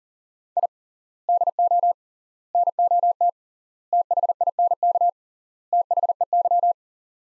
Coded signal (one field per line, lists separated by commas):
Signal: Morse code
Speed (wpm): 40 wpm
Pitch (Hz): 700 Hz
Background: none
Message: I DO NOT THINK THEY